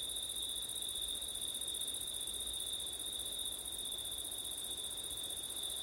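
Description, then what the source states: Crickets singing in a dense, continuous high trill with a second shimmering band far higher, steady throughout, over a soft low rumble of wind. Crickets at night in September, with wind; ORTF microphone setup.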